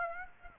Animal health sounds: mosquito wingbeat signal from an infrared sensor; Aedes aegypti

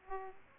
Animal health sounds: mosquito wingbeat signal from an infrared sensor; Aedes aegypti

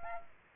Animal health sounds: mosquito wingbeat signal from an infrared sensor; Aedes albopictus

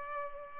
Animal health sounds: mosquito wingbeat signal from an infrared sensor; Culex pipiens

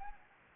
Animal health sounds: mosquito wingbeat signal from an infrared sensor; Anopheles gambiae

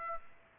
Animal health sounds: mosquito wingbeat signal from an infrared sensor; Aedes aegypti

